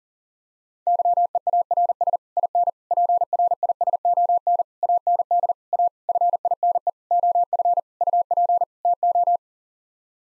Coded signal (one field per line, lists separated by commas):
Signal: Morse code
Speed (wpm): 40 wpm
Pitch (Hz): 700 Hz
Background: none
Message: YEARS IN PRISON AND A FINE OF UP TO